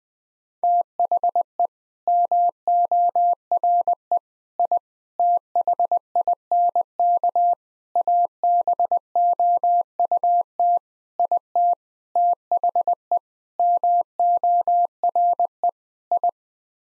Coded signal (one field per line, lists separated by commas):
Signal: Morse code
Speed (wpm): 21 wpm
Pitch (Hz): 700 Hz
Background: none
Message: THE MORE I THINK ABOUT IT THE MORE I